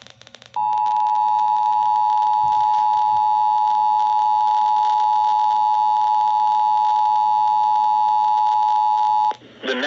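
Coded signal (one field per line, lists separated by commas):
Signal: Emergency Alert System (SAME) tones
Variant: 853 and 960 Hz attention tone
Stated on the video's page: Real EAS Flash Flood Warning for Johnston County NC.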